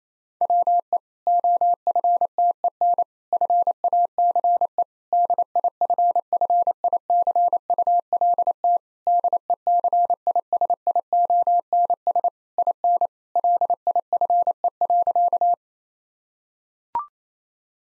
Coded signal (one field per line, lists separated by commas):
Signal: Morse code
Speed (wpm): 28 wpm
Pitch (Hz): 700 Hz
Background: none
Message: WE OFTEN FACE DIFFICULT DECISIONS IN LIFE.